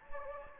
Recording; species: mosquito wingbeat signal from an infrared sensor; Anopheles gambiae